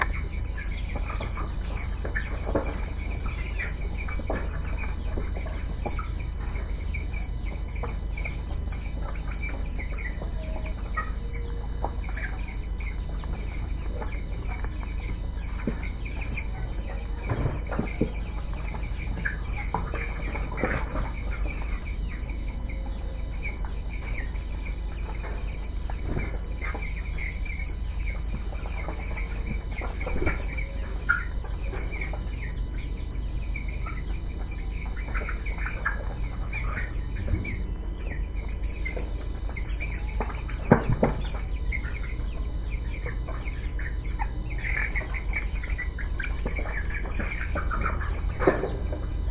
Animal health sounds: poultry house recording; healthy chickens

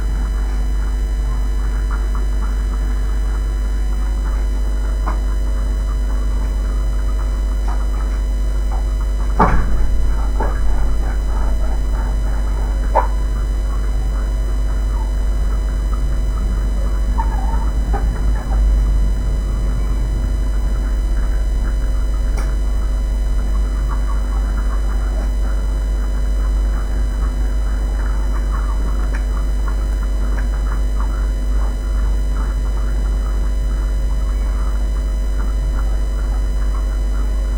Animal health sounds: poultry house recording; sick chickens (respiratory disease)

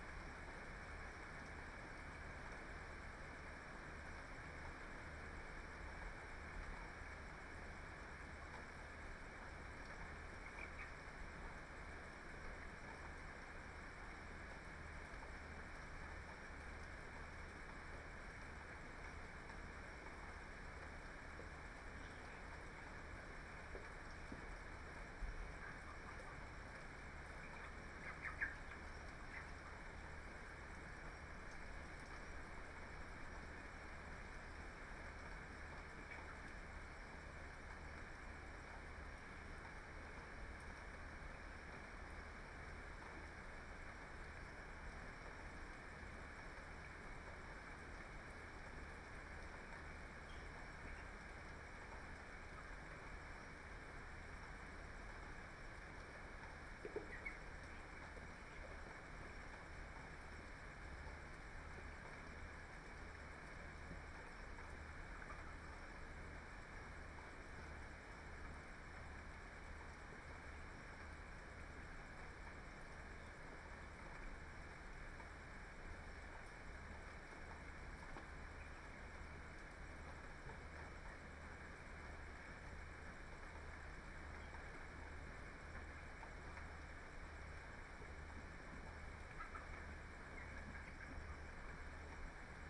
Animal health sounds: poultry house recording; healthy chickens

